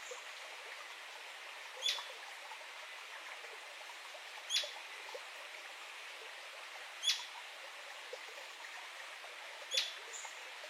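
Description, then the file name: Atlantic royal flycatcher calls: four brief, piercing high notes repeated roughly every two and a half to three seconds, with faint background hiss. "Canto do maria leque do sudeste"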